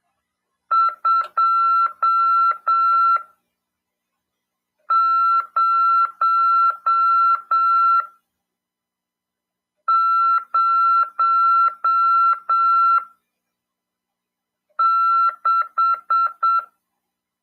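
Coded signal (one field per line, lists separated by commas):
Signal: Morse code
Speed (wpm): 7 wpm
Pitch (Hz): 1350 Hz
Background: none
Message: 2006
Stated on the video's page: Morse lesson in a ham radio class on FM 146.410 MHz.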